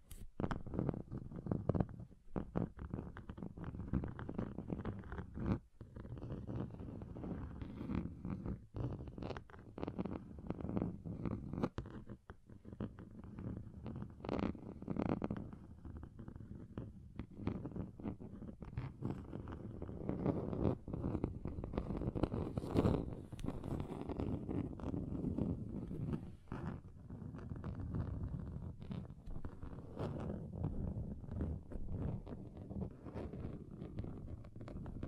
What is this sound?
Table Scratching Different Surfaces